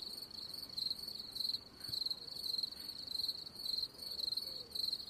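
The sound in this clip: Cricket giving shrill, pulsed chirps in a steady high-pitched run, with light hiss and a brief soft click.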